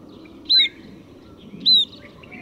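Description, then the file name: Scaly-breasted munia calls: two short, high, arched notes about a second apart, over a faint low background hum. "斑文鳥"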